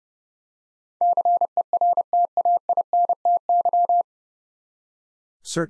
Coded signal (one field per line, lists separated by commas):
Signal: Morse code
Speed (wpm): 32 wpm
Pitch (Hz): 700 Hz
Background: none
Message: CERTAINTY